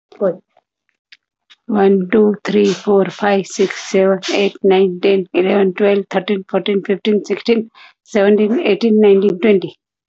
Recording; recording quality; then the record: counting at a fast pace; excellent, no background noise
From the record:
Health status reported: recovered from COVID-19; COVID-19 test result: negative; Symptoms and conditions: breathing difficulty, hypertension, ischaemic heart disease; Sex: female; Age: 53 years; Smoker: not ticked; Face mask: worn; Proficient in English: yes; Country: India